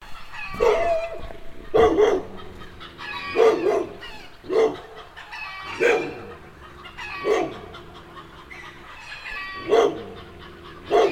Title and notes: A chicken shed on a farm yard. The chicken cackle loud and the yard dog is barking